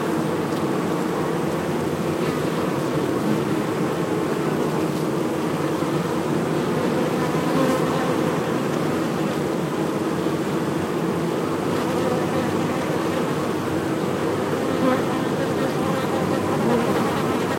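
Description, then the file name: Bees humming at a hive, a thick continuous drone of many wings, with slight swells in loudness. "INSECT BEES HIVE"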